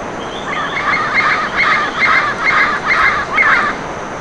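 Bird calls: a quick run of about seven harsh, nasal, honking notes, closely spaced and fairly even, over a steady hiss of background noise.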